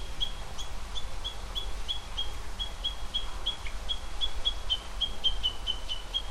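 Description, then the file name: Japanese bush warbler alarm call: short, sharp, high notes repeated rapidly and steadily throughout, over a constant low rumble. "uguisukeikai"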